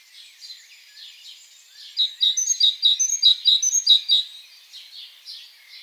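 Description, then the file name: Great tit song: fainter similar phrases lead into a clear burst of repeated two-note high-low phrases. "Parus major"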